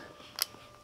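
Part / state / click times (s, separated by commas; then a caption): quick release pin into football helmet facemask mount / seated / 0.4 s. A quick release pin is pushed into a football helmet to hold the facemask, and it seats with a single sharp click at 0.4 seconds over low background noise. The pin is confirmed engaged.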